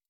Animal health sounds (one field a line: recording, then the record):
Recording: hydrophone in a shrimp aquaculture tank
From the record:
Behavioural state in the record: stressed